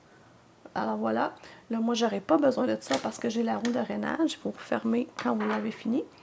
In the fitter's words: je sais pas si vous l'avez entendu il est quand même subtile alors